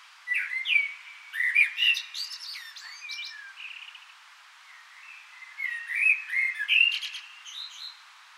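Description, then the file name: Common blackbird singing mellow, fluty phrases that slide up and down, each closing with thin, scratchy high notes, about two phrases in eight seconds. "Turdus merula"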